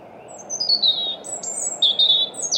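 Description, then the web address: European robin singing a fluid phrase of high, thin notes that slide down, pause briefly, then return with a fresh sweet run, steady low hum beneath. "Deverinetal 2025 Bird Only Er Ru"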